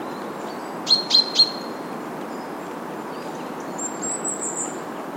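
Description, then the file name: Common chaffinch giving one quick burst of three sharp, high 'pink' notes, followed by a faint, thin call from another bird against a low hiss. "Fringilla coelebs"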